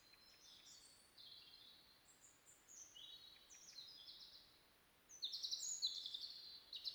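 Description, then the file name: European robin song: thin high whistled notes and gliding phrases, faint at first, then a louder burst of sharp high twittering notes near the end over steady background hiss. "Erithacus rubecula"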